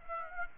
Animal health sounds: mosquito wingbeat signal from an infrared sensor; Aedes aegypti

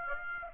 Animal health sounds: mosquito wingbeat signal from an infrared sensor; Aedes aegypti

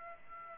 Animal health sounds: mosquito wingbeat signal from an infrared sensor; Aedes aegypti

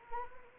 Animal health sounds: mosquito wingbeat signal from an infrared sensor; Anopheles arabiensis

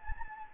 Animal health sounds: mosquito wingbeat signal from an infrared sensor; Anopheles gambiae

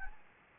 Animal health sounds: mosquito wingbeat signal from an infrared sensor; Anopheles gambiae

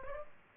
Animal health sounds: mosquito wingbeat signal from an infrared sensor; Aedes aegypti

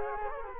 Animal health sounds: mosquito wingbeat signal from an infrared sensor; Culex quinquefasciatus

